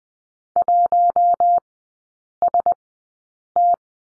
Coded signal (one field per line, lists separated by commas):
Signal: Morse code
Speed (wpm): 20 wpm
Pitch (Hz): 700 Hz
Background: none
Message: 1ST